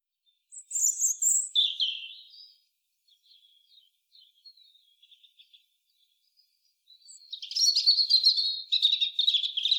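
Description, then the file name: European robin song: high warbled phrases sliding downward, a quiet trickling middle section, then a loud burst of varied twittering notes; no other sounds. "Erithacus rubecula"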